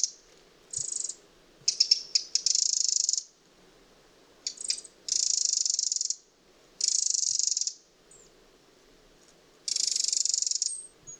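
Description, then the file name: Eurasian wren giving a series of shrill churring rattles, several clustered early and then longer bursts spaced a second or two apart. "Troglodytes troglodytes"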